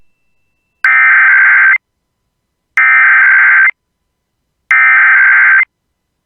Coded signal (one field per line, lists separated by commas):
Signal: Emergency Alert System (SAME) tones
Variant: header bursts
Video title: EAS Required Monthly Test and RWT Minnesota NOAA Weather Radio KEC65 and KNXR/KOWZ Rochester/Mankato